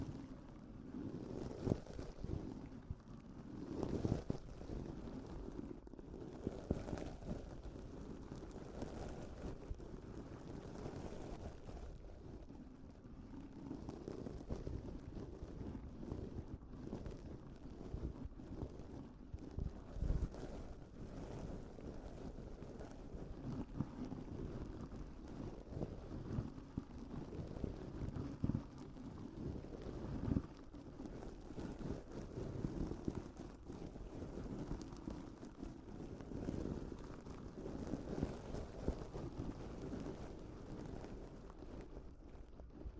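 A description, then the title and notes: Slow handling of a microphone fills the whole time with muffled rubbing and rumbling, heavy in the low and middle range. The texture stays dense and continuous, swelling and easing in soft waves every second or two, with a few faint clicks and no voice. TimASMR- strong ear attention Grab the microphone slowly. (no talking).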